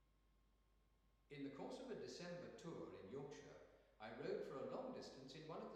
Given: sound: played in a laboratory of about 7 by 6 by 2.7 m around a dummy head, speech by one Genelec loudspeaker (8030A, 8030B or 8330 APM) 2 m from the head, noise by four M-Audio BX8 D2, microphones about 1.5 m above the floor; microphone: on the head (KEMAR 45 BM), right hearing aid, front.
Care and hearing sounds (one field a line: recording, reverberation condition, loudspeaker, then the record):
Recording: male speech in English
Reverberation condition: high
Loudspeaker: 120 degrees to the right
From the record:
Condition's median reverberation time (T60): about 1300 ms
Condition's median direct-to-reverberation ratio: about -4.0 dB